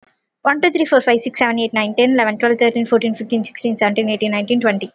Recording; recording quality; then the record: counting at a fast pace; excellent, no background noise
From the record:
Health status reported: COVID-19 positive, no symptoms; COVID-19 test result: positive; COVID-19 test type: RT-PCR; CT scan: not taken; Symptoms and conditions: none ticked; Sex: female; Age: 23 years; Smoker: no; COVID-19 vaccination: both doses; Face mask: worn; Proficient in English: yes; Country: India